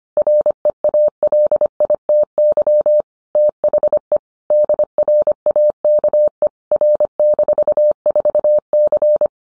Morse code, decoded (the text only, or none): REALITY THE DRAKE R-4C